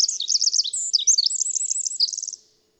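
Bird song with bright high chirps and a fast rattling trill near the end, about two and a half seconds of twittering before silence.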